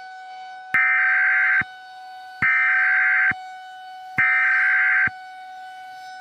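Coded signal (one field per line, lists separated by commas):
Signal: Emergency Alert System (SAME) tones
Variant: header bursts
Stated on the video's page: Fictional scenario: simulated severe-weather alerts for the Midwest, not real.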